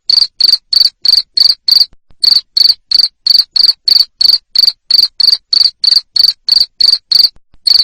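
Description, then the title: Cricket chirps, shrill and evenly spaced, repeating rapidly around three per second with a couple of brief breaks. Loud cricket chirping used to stimulate lovebirds into continuous singing. "Suara JANGKRIK NGERIK Keras Bikin LOVEBIRD Jadi NGEKEK Terus Vubey"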